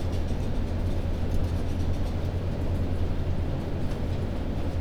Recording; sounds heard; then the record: poultry house recording; no chicken sound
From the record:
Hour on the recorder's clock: 21